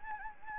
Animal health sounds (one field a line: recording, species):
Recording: mosquito wingbeat signal from an infrared sensor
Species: Anopheles gambiae